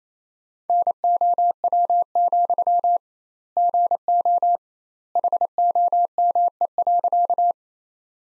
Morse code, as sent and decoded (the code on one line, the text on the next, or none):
-. --- .-- --..-- / --. --- / .... --- -- . .-.-.-
NOW, GO HOME.